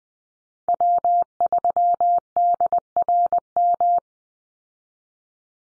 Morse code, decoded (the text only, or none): W3DRM